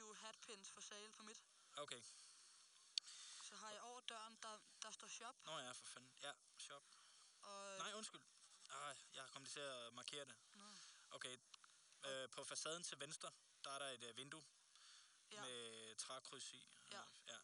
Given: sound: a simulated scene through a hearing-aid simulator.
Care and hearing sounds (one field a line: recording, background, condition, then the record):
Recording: conversation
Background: quiet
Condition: 75 dB SPL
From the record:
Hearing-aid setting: I (fast-acting compression, audibility-based gain)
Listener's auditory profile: D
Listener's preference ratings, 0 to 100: 73, 79, 87